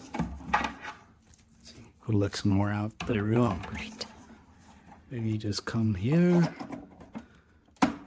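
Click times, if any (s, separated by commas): 7.8 s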